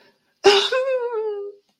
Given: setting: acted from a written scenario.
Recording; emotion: vocal sound without words; shame